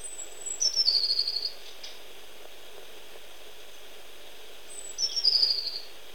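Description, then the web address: Tit calls: a very high thin note followed by a fast, buzzy, slightly falling trill, given twice about four seconds apart, on a quiet background. Portugal. "Aves de Portugal Sons Chapim"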